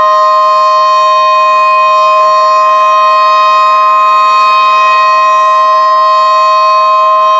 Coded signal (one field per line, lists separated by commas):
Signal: Emergency Alert System (SAME) tones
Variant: 1050 Hz attention tone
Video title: EAS Mock Tornado Emergency for Clinton, North Carolina (not real, fake) (1/17/2018)